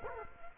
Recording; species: mosquito wingbeat signal from an infrared sensor; Culex quinquefasciatus